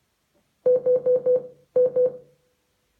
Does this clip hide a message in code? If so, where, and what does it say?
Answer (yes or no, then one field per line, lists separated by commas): no